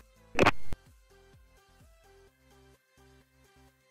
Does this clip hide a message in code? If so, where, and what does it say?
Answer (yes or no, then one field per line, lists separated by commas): no